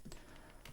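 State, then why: Not seated. The plastic visor of an Arai Tour-X 3 (XD4) helmet is pushed closed toward its latch on the helmet shell, making short, dry handling ticks and rubbing, with a sharper tick near 0.8 s. The visor has not snapped shut or seated in the latch yet.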